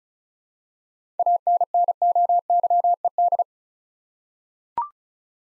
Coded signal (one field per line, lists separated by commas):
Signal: Morse code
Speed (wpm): 36 wpm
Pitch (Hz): 700 Hz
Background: none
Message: ANNOYED